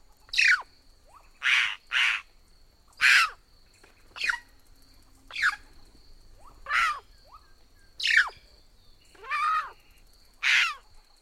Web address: magpie jay flocks are led by females